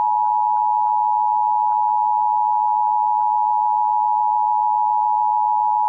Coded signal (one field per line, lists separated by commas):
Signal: Emergency Alert System (SAME) tones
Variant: 853 and 960 Hz attention tone